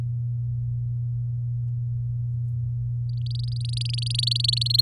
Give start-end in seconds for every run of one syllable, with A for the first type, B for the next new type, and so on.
3.26-4.81 A